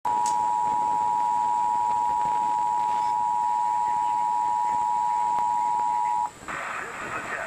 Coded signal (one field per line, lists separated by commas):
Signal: Emergency Alert System (SAME) tones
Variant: 853 and 960 Hz attention tone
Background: speech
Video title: Real EAS Test #18 (11/9/11)